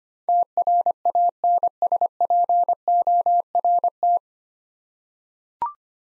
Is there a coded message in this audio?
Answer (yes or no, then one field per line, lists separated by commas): yes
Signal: Morse code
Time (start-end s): 0.3-4.2 s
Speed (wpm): 25 wpm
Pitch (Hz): 700 Hz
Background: none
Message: TRANSPORT